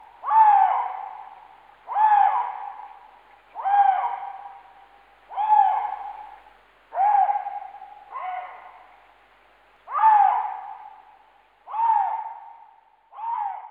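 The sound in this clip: Lynx calling: a series of hoarse, wailing notes that dip then level out, repeated about every one and a half to two seconds.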